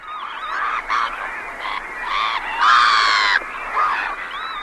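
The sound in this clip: Gulls calling, a mix of harsh, wavering cries overlapping one another, with one louder, drawn-out cry after the middle.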